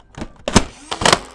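A blue 30-dart plastic drum magazine is pushed into a foam-dart toy blaster. A faint knock at 0.2 s leads to a sharp click at 0.5 s as the magazine locks in, followed by a heavier thump. A second cluster of clacks follows around 0.9–1.1 s. The magazine ends up seated.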